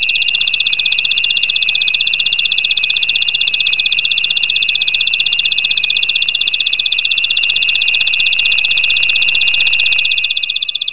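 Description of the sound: Loud, steady high-pitched hiss and ringing with a fast pulsing flutter, a simulation of tinnitus.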